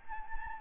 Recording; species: mosquito wingbeat signal from an infrared sensor; Anopheles gambiae